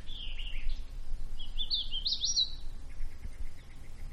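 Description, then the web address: Bird song in warbling phrases, then a soft, evenly spaced series of short pulsed notes, with a steady low rumble behind. Quiet woods. "Manhattan Production Music. Woods Quiet Bird Song Cricket"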